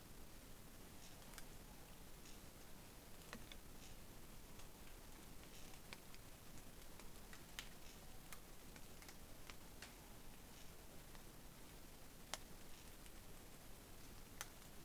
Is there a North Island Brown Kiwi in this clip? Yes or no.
no